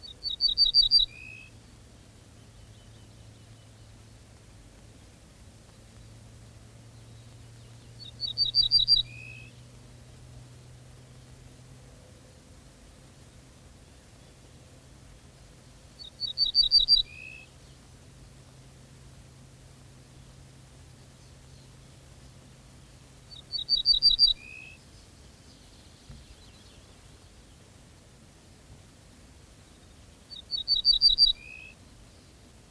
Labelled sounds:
Ortolan Bunting song

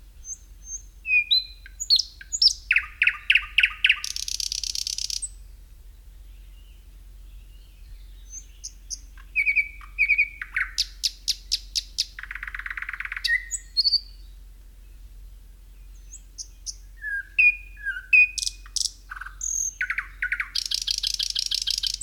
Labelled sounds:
Thrush Nightingale song

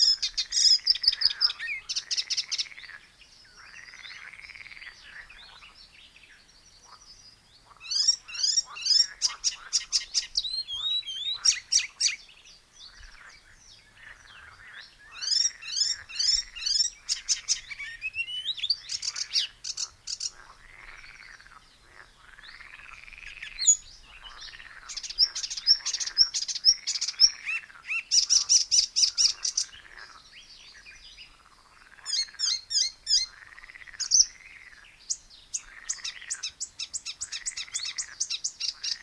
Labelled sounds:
Icterine Warbler song

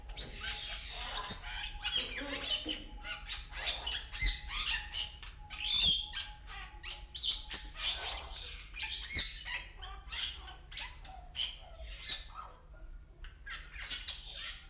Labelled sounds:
Bali Myna

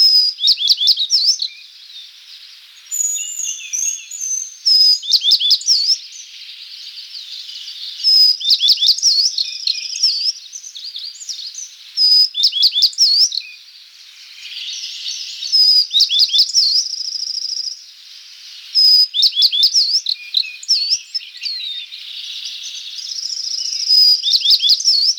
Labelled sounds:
Tristram's Bunting song

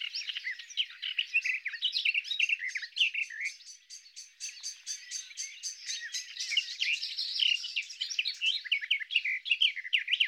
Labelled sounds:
Garden Warbler song

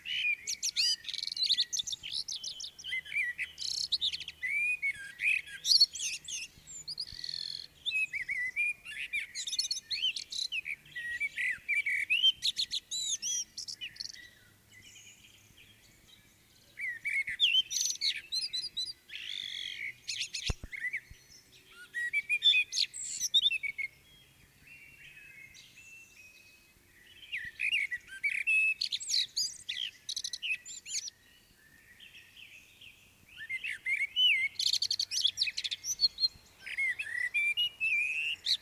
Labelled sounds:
Common Blackbird song

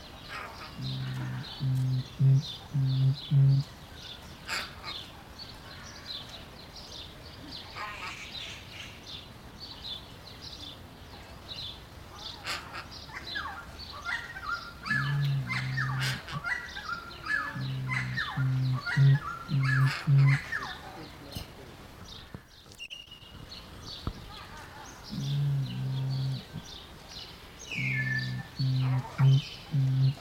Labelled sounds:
Common Hill Myna

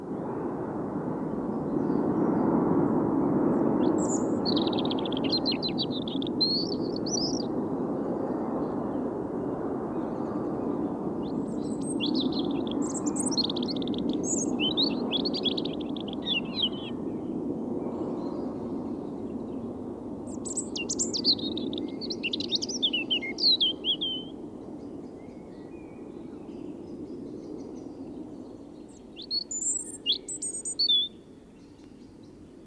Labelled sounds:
European Robin song

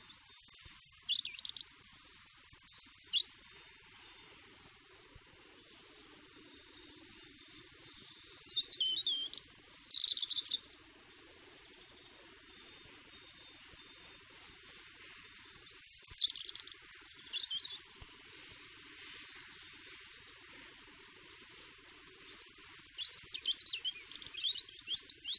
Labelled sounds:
European Robin song

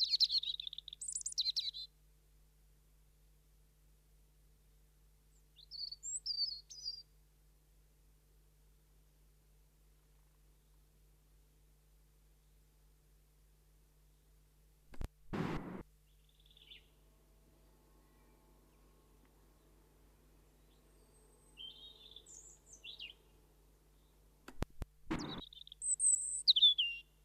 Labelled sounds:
European Robin song

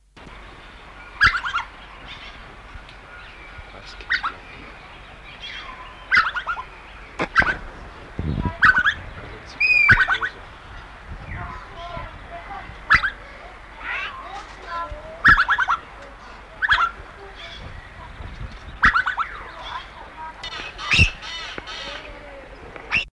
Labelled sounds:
White-throated Magpie-Jay call

